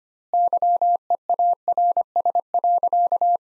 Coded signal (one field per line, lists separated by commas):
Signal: Morse code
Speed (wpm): 25 wpm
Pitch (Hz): 700 Hz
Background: none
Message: YEARS.